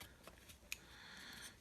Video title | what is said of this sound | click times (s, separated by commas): MOTO MAX2 screen repair | like so and now we're going to push it to lock into place | 0.7 s